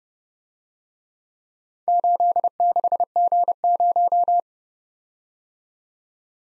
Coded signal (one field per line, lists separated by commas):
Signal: Morse code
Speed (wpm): 33 wpm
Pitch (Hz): 700 Hz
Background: none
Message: 86G0